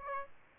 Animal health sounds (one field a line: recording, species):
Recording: mosquito wingbeat signal from an infrared sensor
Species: Aedes aegypti